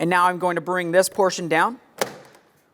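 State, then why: Seated. Someone talks while a plastic power window switch panel for a 2004-2008 Ford F-150 is rolled into the door trim, inboard side first, and the outer portion is pushed down. A sharp click at 2.0 s marks the panel clip snapping into the door, and the panel is seated.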